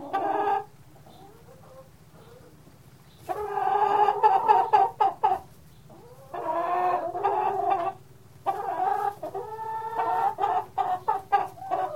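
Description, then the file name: Chicken giving rapid clucks in clustered runs separated by pauses, over a faint low background hum. "Sound Ideas 2000 Series. Chicken Cluck"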